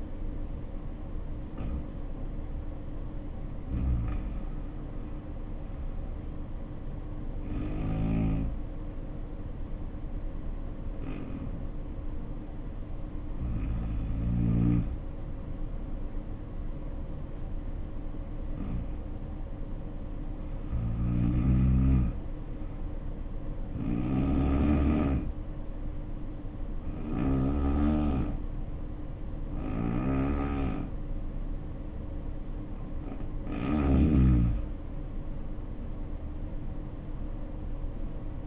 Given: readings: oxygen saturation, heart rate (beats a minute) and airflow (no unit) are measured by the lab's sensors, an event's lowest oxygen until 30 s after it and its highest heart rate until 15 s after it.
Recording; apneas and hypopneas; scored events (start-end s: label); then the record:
breathing in sleep by a smartphone at the bedside; 1
4.00-34.50 s: hypopnea (N1, oxygen 94% highest, then 85% lowest, heart rate 66 at the start, 81 highest)
From the record:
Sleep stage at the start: N1 (lightest sleep); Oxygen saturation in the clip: 90 to 94%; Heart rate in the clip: 64 to 76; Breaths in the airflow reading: 11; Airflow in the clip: -7.1 to 6.2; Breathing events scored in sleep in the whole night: 520 in 7.2 hours asleep